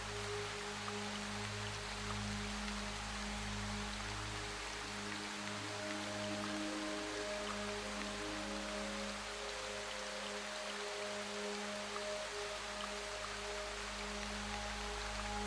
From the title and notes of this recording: RAIN Sound with Soothing MUSIC. The gentle sound of cascading rain in the heart of a peaceful forest, harmoniously accompanied by music.